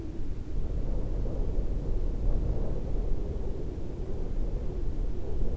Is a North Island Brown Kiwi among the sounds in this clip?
no